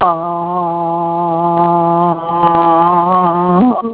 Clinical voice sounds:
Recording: sustained vowel /a/ by telephone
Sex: female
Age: 60 to 69 years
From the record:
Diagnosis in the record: Parkinson's disease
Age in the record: 67 years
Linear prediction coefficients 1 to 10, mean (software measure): 1.89, -1.18, -0.16, 0.16, 0.34, -0.19, -0.08, -0.03, 0.13, -0.05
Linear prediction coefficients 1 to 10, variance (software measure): 0.043, 0.098, 0.049, 0.045, 0.067, 0.074, 0.027, 0.010, 0.017, 0.007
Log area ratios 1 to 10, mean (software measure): -2.39, 2.96, -1.06, -0.32, 0.32, 0.41, -0.10, -0.13, -0.03, 0.11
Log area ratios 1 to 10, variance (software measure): 0.152, 0.124, 0.217, 0.099, 0.101, 0.067, 0.078, 0.028, 0.026, 0.030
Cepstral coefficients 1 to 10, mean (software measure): 1.89, 0.63, -0.12, -0.45, -0.24, -0.05, 0.08, 0.08, 0.07, 0.01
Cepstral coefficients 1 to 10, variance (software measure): 0.043, 0.031, 0.017, 0.025, 0.010, 0.006, 0.004, 0.004, 0.004, 0.004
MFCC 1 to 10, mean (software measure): -4.36, 2.26, -0.83, -1.23, 0.57, 0.58, -0.21, -0.18, -0.08, -0.38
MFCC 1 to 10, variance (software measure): 1.054, 0.097, 0.121, 0.161, 0.066, 0.081, 0.125, 0.074, 0.123, 0.093

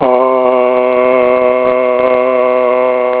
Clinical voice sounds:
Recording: sustained vowel /a/ by telephone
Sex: male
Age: 50 to 59 years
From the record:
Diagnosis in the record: healthy control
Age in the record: 50 years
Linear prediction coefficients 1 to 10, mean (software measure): 1.55, -1.14, 0.76, -0.74, 0.13, 0.18, -0.06, 0.07, -0.39, 0.21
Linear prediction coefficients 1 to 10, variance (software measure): 0.034, 0.120, 0.187, 0.149, 0.070, 0.019, 0.020, 0.036, 0.028, 0.007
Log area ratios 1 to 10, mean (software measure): -2.56, 2.00, -0.09, 0.94, -0.32, 0.22, 0.51, 0.56, 0.10, -0.44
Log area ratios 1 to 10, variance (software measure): 0.005, 0.116, 0.037, 0.152, 0.066, 0.065, 0.032, 0.024, 0.042, 0.032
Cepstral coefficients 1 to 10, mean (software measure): 1.55, 0.08, 0.23, -0.19, -0.51, -0.21, -0.03, 0.03, -0.18, -0.12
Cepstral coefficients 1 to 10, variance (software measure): 0.034, 0.023, 0.012, 0.003, 0.005, 0.004, 0.002, 0.002, 0.002, 0.003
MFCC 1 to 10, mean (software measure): -3.00, 1.47, -0.48, -0.68, -1.29, 0.11, -1.32, -0.56, 1.02, 0.30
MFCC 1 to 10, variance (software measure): 0.095, 0.038, 0.021, 0.032, 0.025, 0.040, 0.034, 0.030, 0.092, 0.022

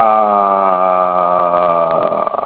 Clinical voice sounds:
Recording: sustained vowel /a/ by telephone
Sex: male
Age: 50 to 59 years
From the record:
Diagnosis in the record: healthy control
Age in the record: 55 years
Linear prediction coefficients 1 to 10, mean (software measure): 1.69, -1.24, 0.17, -0.03, 0.00, 0.15, -0.15, -0.29, 0.26, -0.05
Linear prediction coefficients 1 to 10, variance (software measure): 0.051, 0.135, 0.098, 0.041, 0.026, 0.024, 0.021, 0.034, 0.050, 0.012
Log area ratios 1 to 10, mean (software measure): -2.05, 2.78, -1.03, 0.42, 0.69, 0.78, 0.50, -0.16, -0.33, 0.09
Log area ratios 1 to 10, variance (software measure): 0.022, 0.049, 0.166, 0.135, 0.062, 0.034, 0.069, 0.090, 0.037, 0.051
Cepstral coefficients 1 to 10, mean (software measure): 1.69, 0.21, -0.31, -0.47, -0.40, -0.05, 0.14, -0.10, -0.12, -0.06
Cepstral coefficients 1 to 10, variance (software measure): 0.051, 0.015, 0.007, 0.005, 0.007, 0.003, 0.006, 0.004, 0.001, 0.002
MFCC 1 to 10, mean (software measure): -3.93, 1.67, -1.39, -1.00, -0.17, 0.15, -0.82, 0.65, 1.03, -0.22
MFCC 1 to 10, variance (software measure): 0.454, 0.035, 0.050, 0.036, 0.070, 0.097, 0.066, 0.043, 0.032, 0.114

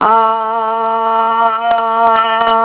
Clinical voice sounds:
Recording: sustained vowel /a/ by telephone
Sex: female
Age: 60 to 69 years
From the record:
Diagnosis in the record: Parkinson's disease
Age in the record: 69 years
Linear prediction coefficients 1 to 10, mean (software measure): 1.55, -1.33, 0.38, -0.50, 0.73, -0.68, 0.05, 0.11, -0.08, -0.02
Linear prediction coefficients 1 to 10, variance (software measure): 0.068, 0.111, 0.136, 0.160, 0.134, 0.134, 0.100, 0.076, 0.035, 0.010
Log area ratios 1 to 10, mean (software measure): -1.75, 2.68, -0.44, 0.30, 0.20, 0.98, -0.30, 0.11, 0.25, 0.03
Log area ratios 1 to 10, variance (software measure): 0.054, 0.233, 0.224, 0.053, 0.130, 0.110, 0.091, 0.105, 0.045, 0.042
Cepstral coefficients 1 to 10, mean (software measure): 1.55, -0.09, -0.40, -0.75, -0.09, 0.04, -0.09, 0.07, -0.04, -0.01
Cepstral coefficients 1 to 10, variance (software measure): 0.068, 0.057, 0.014, 0.014, 0.008, 0.010, 0.009, 0.008, 0.004, 0.002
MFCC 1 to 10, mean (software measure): -3.32, 1.09, -1.64, -1.05, 0.25, -0.17, -0.41, 0.37, -0.20, -0.38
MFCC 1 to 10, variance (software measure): 0.403, 0.152, 0.048, 0.088, 0.075, 0.030, 0.102, 0.165, 0.070, 0.051

